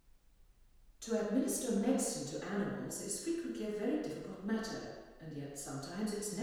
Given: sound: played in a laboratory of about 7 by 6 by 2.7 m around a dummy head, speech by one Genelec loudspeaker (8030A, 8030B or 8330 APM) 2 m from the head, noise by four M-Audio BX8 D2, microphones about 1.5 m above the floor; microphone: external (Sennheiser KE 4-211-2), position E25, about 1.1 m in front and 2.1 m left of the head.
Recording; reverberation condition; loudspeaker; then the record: female speech in English; high; 30 degrees to the right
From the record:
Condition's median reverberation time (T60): about 1300 ms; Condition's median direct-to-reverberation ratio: about -4.0 dB